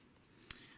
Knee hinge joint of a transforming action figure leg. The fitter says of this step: It needs to be 2 clicks